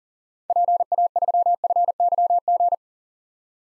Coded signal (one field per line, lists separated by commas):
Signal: Morse code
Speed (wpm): 40 wpm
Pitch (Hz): 700 Hz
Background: none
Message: PA3FYG